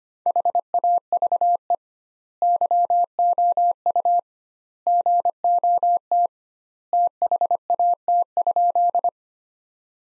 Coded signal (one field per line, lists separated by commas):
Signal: Morse code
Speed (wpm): 25 wpm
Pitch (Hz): 700 Hz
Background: none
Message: HAVE YOU GOT THAT?